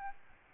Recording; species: mosquito wingbeat signal from an infrared sensor; Aedes albopictus